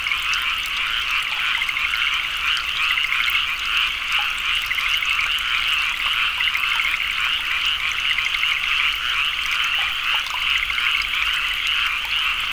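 Frogs in a thick chorus, countless quick pulsed croaks blending into a constant trilling drone.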